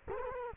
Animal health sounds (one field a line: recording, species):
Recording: mosquito wingbeat signal from an infrared sensor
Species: Culex quinquefasciatus